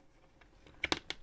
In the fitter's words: Ah that's better did you hear that click thing so now it's nice and flush in there